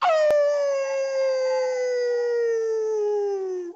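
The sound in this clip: Animal howl: one long, steady, tonal cry rich in overtones, sliding slowly downward in pitch for nearly four seconds, with a short click near the start.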